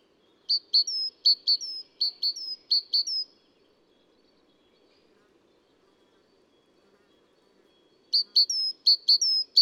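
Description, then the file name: Great tit singing a rhythmic three-note phrase, two short chips and a drawn-out whistle, repeated several times, then silence for about five seconds before the phrase resumes. Adult male, singing, single individual. "gtit-major-1-AD-M-S. felgentreu"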